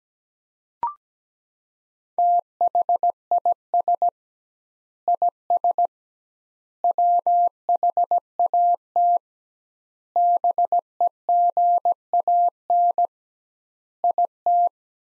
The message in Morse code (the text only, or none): THIS IS WHAT BEGAN IT